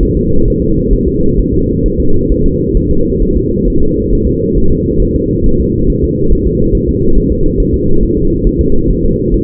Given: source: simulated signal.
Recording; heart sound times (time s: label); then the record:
fetal heart sounds
0.03 s: S1
0.17 s: S2
0.48 s: S1
0.62 s: S2
0.93 s: S1
1.08 s: S2
1.39 s: S1
1.54 s: S2
1.86 s: S1
2.00 s: S2
2.31 s: S1
2.46 s: S2
2.77 s: S1
2.91 s: S2
3.22 s: S1
3.37 s: S2
3.68 s: S1
3.82 s: S2
4.13 s: S1
4.27 s: S2
4.58 s: S1
4.72 s: S2
5.02 s: S1
5.16 s: S2
5.46 s: S1
5.60 s: S2
5.90 s: S1
6.04 s: S2
6.32 s: S1
6.47 s: S2
6.75 s: S1
6.89 s: S2
7.18 s: S1
7.32 s: S2
7.60 s: S1
7.74 s: S2
8.03 s: S1
8.17 s: S2
8.47 s: S1
8.61 s: S2
8.90 s: S1
9.05 s: S2
9.34 s: S1
From the record:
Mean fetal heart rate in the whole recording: 135 bpm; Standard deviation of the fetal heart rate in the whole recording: 3 bpm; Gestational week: 36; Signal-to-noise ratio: -17.7 dB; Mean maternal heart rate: 72 bpm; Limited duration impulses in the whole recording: present